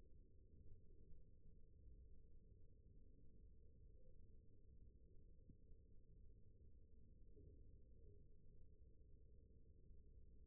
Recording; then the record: forearm muscle sounds (acoustic myography)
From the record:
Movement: rest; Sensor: system 1, eight BSWA MPA416 microphones around the upper forearm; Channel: 3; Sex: female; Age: 21 years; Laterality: right